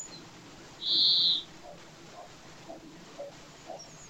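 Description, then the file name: European greenfinch with one short, buzzy, nasal wheeze near the start, then only faint soft background ticks. "Chloris chloris"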